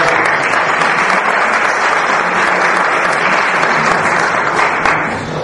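Sustained audience applause for a speaker, a dense, steady wash of many hands clapping at an even loudness for several seconds, easing slightly at the very end, with no voices over it.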